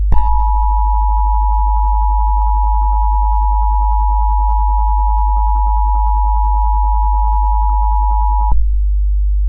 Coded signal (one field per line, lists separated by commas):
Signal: Emergency Alert System (SAME) tones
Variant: 853 and 960 Hz attention tone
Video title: EAS SCENARIO 2: Latex Creatures and Bombs